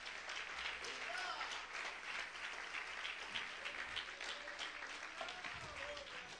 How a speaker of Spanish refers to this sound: ¿Le puede dar un aplauso a Cristo en esta tarde?